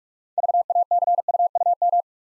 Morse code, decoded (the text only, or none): VACUUM